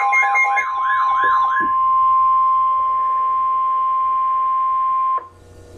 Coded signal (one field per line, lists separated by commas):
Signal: Emergency Alert System (SAME) tones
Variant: 1050 Hz attention tone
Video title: Severe Thunderstorm Warning - EAS #587